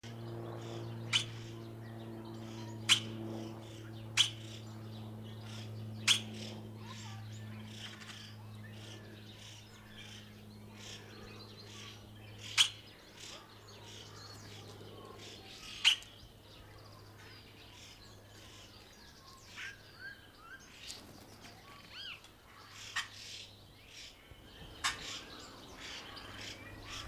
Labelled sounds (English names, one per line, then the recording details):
Crested Oropendola call
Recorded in captivity
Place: Zoo Berlin, Berlin, DE
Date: 1998-03-21 11:17
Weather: fair, ca. 0°C
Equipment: Nagra SN, Kopie Uher 4000 Report Monitor
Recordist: Tembrock, Günter